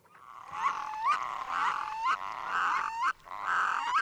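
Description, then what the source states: Red-throated loons, a pair calling: harsh, rolling calls, each ending in an upward-sweeping note, about once a second in an uneven series. Pair, male and female, on an Arctic pond south of Teshekpuk Lake performing the plesiosaur display, a territorial announcement that also strengthens the pair bond, reacting to an intruder.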